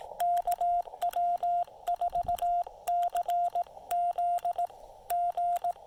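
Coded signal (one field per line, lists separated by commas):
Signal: Morse code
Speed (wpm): 18 wpm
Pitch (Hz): 690 Hz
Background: radio noise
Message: KW4CZ G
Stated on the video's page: QRP CW park activation using a Yaesu FT-817ND, Elecraft T1 tuner and a wire antenna.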